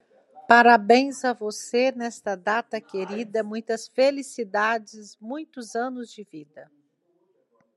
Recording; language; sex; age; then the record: short text; Brazilian Portuguese; female; 50 to 59 years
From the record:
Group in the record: control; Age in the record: 57 years